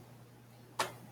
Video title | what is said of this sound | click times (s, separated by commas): Microscope Use | chances are you probably don't have your objective fully clicked into place | 0.8 s